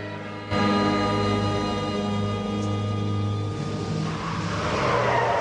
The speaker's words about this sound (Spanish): El auto de la pizzería circula por la calle resbaladiza. Estaciona frente a la casa.